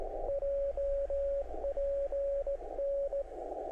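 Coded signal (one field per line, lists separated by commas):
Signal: Morse code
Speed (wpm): 17 wpm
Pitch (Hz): 560 Hz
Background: radio noise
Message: JPN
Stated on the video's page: Straight Key Sprint Asia contest CW sent slowly on straight keys, bugs or cooties; recorded from rig audio, with distorted transmit monitor tone.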